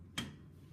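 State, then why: Seated. A removed swing-away wheelchair footrest is put back on its frame mount and slid over until it clicks into place, seating at 0.2 s. The click is a single short, sharp transient that rises well above a quiet low background.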